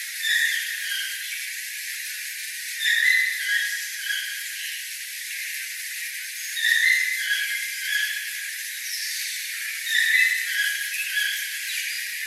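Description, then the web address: Toucan calls: harsh yelps repeated every three to four seconds over a steady hiss. "tukan"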